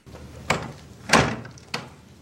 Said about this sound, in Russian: Арсенин выходит из кухни. Гойсман плотно закрывает дверь, обращается к Кречетову.